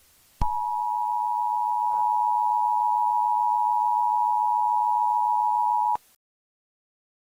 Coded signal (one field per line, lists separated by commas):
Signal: Emergency Alert System (SAME) tones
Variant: 853 and 960 Hz attention tone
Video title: The Broadcast…. A Eas Scenario